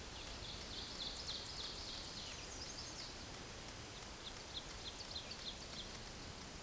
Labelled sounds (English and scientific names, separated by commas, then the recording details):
Ovenbird (Seiurus aurocapilla) song
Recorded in a Pennsylvania forest on 17 May 2023 at 13:01
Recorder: AudioMoth, point grid1_32_low
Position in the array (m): 223 m, 50 m